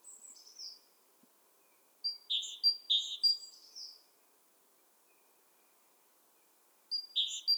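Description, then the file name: Great tit giving short bouts of high notes alternating with lower ones, separated by stretches of near silence. "Parus major"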